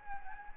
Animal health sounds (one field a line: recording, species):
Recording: mosquito wingbeat signal from an infrared sensor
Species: Anopheles gambiae